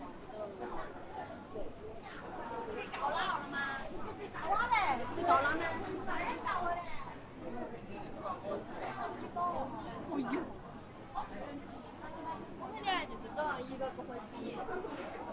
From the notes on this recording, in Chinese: 重庆洪崖洞